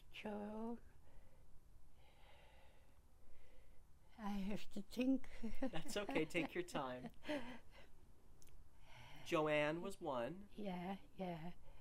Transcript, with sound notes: Jo. I have to think. [chuckles]
That's okay. Take your time. Joanne was one.
Yeah, yeah.